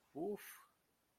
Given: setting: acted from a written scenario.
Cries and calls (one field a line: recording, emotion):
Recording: vocal sound without words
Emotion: relief